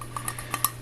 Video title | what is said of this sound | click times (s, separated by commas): I.S.E.K. (Individual Survival and Evasion Kit) | uh fold out handle here that actually does lock into place. | 0.6 s